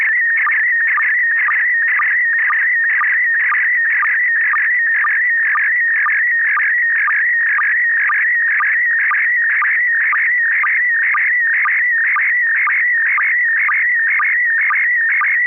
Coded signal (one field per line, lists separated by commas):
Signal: SSTV (slow-scan television)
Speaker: this is kp4md this is a uh a view of the uh uh it's a transceiver it's a Chinese transceiver it's the USDX plus it's a single board